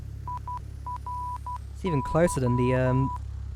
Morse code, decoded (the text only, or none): IRY